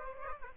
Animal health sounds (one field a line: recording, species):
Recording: mosquito wingbeat signal from an infrared sensor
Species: Aedes aegypti